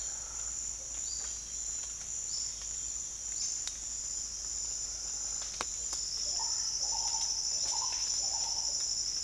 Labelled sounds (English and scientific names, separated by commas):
none